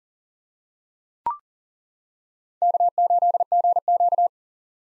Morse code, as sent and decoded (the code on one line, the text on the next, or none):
-.- ---.. --. --.-
K8GQ